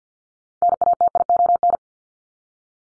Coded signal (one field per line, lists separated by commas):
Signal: Morse code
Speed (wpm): 50 wpm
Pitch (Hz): 700 Hz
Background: none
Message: NATION